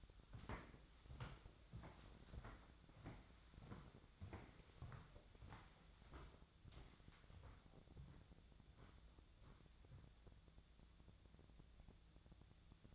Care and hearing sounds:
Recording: daily activity, microphone in the room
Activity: walk to room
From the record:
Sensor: 3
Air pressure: 1000.0 hPa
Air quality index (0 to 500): 123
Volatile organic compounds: 2 ppm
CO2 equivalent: 1104 ppm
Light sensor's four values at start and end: 39/96/42/46 and 38/93/41/45

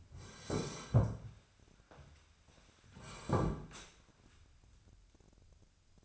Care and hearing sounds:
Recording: daily activity, microphone in the room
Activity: sit down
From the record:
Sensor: 2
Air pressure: 1015.1 hPa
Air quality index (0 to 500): 128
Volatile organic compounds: 4 ppm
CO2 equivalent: 1640 ppm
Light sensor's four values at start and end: 12/33/13/14 and 12/34/13/14

